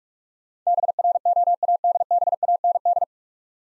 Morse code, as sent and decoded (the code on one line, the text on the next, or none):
-... .-. --- .- -.. -... .- -. -..
BROADBAND